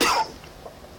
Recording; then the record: coughing mixed with background sound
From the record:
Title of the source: Coughing 60